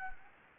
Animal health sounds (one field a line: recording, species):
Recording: mosquito wingbeat signal from an infrared sensor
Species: Anopheles gambiae